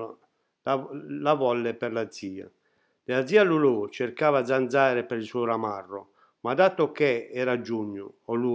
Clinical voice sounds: read passage; Italian; male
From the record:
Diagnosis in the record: healthy control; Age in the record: 68 years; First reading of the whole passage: 60 s, 8.7 characters per second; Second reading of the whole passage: 55 s, 9.3 characters per second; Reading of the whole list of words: 43 s, 6.5 characters per second

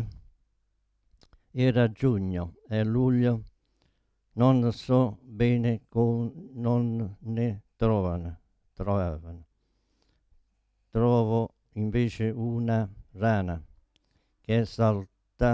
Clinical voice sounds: read passage; Italian; male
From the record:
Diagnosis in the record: Parkinson's disease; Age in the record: 72 years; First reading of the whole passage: 118 s, 4.4 characters per second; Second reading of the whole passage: 99 s, 5.2 characters per second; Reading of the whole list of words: 88 s, 3.2 characters per second

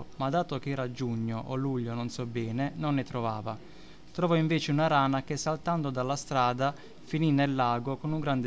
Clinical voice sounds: read passage; Italian; male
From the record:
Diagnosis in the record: healthy control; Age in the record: 29 years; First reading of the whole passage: 42 s, 12.4 characters per second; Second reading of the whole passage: 42 s, 12.2 characters per second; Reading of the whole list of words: 38 s, 7.3 characters per second

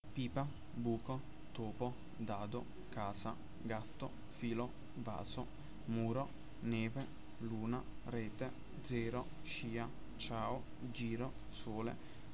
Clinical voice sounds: read list of words; Italian; male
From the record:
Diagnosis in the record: healthy control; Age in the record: 20 years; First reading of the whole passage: 46 s, 11.2 characters per second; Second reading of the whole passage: 43 s, 12.0 characters per second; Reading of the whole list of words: 38 s, 7.5 characters per second

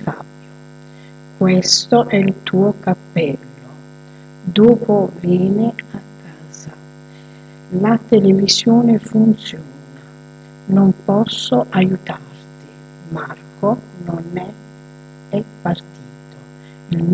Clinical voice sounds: read phrases; Italian; female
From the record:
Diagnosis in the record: healthy control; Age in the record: 62 years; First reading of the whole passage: 101 s, 4.7 characters per second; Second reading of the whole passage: 77 s, 5.9 characters per second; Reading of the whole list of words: 66 s, 3.9 characters per second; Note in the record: marked for poor recording quality or reading difficulty

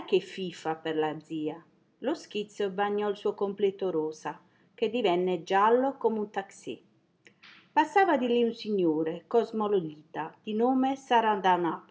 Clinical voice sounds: read passage; Italian; female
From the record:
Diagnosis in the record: healthy control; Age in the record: 60 years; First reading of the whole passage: 59 s, 7.9 characters per second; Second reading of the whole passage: 55 s, 8.5 characters per second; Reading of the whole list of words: 44 s, 6.4 characters per second

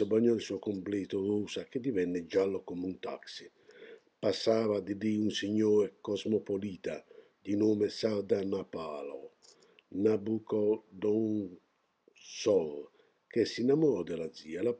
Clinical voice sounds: read passage; Italian; male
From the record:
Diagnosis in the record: healthy control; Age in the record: 68 years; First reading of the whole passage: 59 s, 8.7 characters per second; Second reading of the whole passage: 51 s, 9.9 characters per second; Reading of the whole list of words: 42 s, 6.7 characters per second

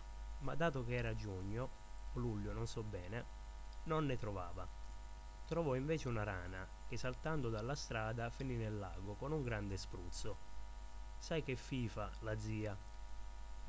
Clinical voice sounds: read passage; Italian; male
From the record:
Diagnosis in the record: healthy control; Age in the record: 21 years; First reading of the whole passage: 51 s, 10.2 characters per second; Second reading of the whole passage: 47 s, 11.0 characters per second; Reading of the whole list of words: 60 s, 4.7 characters per second

